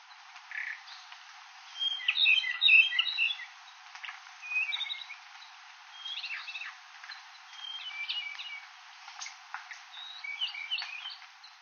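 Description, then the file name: Ryukyu robin singing, a cluster of quick warbled and trilled notes followed by shorter scattered chirping phrases every second or two, over a muffled, faint background. Recorded on Amami on 11 February 2012. "akahige amami ishida"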